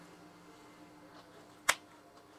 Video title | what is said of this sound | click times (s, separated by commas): How to make top curtain #tutorialgordenchannel | Dia sudah terkunci. | 1.7 s